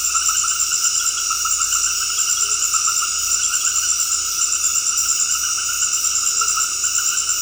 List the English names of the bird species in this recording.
none